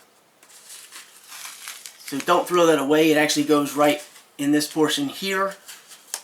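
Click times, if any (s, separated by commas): 6.1 s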